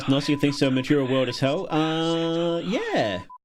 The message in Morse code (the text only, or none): BELIEF